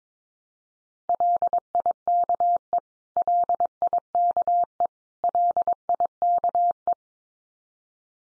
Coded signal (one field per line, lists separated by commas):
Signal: Morse code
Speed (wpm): 22 wpm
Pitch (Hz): 700 Hz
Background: none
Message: LIKE LIKE LIKE